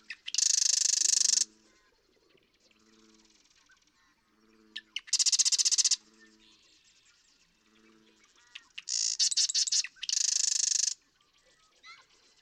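Marsh Wren song: four loud, buzzy rattling trills with quiet gaps between them. Soft low humming notes repeat in between.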